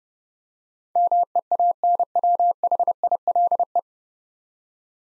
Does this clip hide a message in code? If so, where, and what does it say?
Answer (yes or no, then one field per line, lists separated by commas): yes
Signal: Morse code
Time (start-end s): 1.0-3.8 s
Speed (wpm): 31 wpm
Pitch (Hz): 700 Hz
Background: none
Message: MEANWHILE